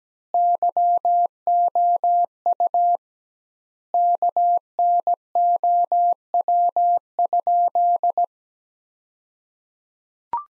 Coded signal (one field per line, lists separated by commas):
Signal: Morse code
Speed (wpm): 17 wpm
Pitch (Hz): 700 Hz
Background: none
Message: YOU KNOW?